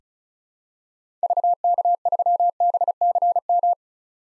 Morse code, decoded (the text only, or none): VK3BCM